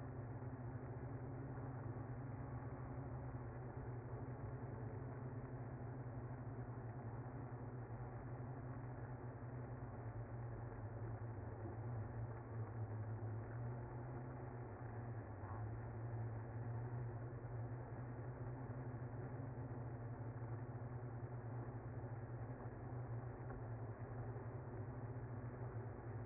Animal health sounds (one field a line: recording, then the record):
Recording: honeybee colony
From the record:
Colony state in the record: active